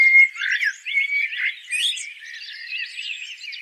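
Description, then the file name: Common blackbird warbling, fluty phrases with brief clear whistles and squeaky twittering notes running continuously, no low sounds present. "Turdus merula"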